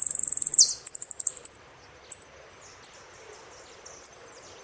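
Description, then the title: Saffron finch song: a rapid high trill ending in a downward slur, a second short trill, then a few single thin high chips. "Jilguero Argentino"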